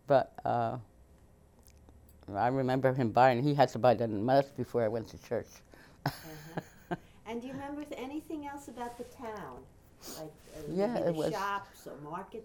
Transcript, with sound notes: But, uh, I remember him buying, he had to buy the before I went to church. ( she laughs )
And do you remember anything else about the town, like shops or market day?